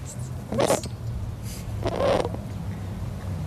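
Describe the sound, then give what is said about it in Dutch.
Two short, soft rasping growls from a female Harris's hawk, given when stroked on her belly, in Parc de la Maternita, Barcelona, spaced about a second apart, rising briefly above a low steady background rumble. “Echt veel geluid maakt de adelaar niet, maar als je er een klein beetje aait zo op haar buikje, dan wil ze nog wel een grommetje geven.”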